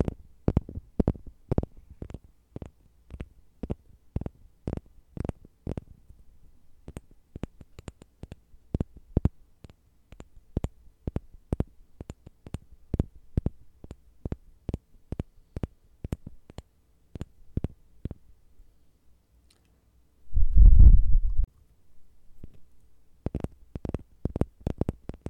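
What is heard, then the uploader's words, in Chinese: Light tapping in quick, sharp strikes, coming in uneven bursts and runs with brief pauses, sometimes several per second. A low hum sits underneath, and around twenty seconds a dull, rumbling thump lasts about a second before the taps resume. 轻微敲击声。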